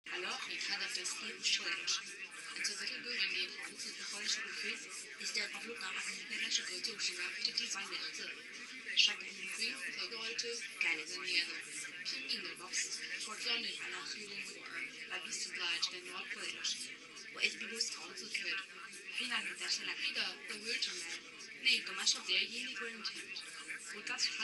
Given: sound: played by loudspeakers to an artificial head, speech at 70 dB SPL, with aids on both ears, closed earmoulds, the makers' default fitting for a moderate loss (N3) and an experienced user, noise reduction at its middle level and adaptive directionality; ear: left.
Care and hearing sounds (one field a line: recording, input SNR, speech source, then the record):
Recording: speech test signal (ISTS) in cocktail-party noise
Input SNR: 0 dB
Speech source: on the right (90 degrees)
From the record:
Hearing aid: class 2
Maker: H